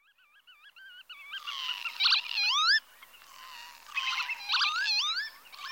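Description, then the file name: Northern lapwing calls opening with soft wavering notes, then louder wheezy, upslurred cries in bursts. "Tofsvipa"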